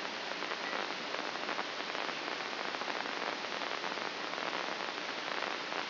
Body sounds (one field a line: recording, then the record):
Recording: brain microelectrode recording played as sound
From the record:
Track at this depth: inside the subthalamic nucleus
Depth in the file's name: 5.229 mm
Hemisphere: left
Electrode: 2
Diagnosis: Parkinson's disease